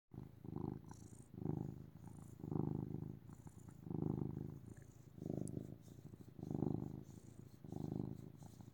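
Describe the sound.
Cat purring, a low rumbling sound that swells and fades in repeated waves, with faint high hiss in the background.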